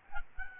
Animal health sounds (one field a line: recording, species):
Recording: mosquito wingbeat signal from an infrared sensor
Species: Aedes albopictus